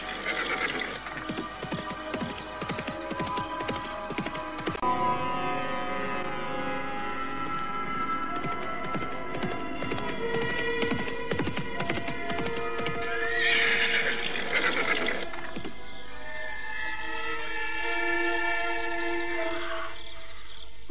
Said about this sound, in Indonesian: Bunda, hei, mau kemana kereta itu pergi? Apakah ibundaku berada di dalamnya? Oh iya, kukira pasti ada di dalamnya.